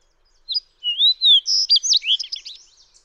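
Fox sparrow singing one full phrase of clear whistles that slide into a quick, tumbling run of slurred notes.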